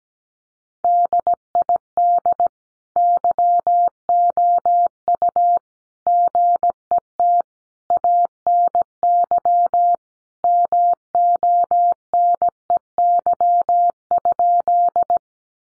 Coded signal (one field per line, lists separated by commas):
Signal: Morse code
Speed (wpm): 17 wpm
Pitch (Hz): 700 Hz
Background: none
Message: DID YOU GET ANY MONEY?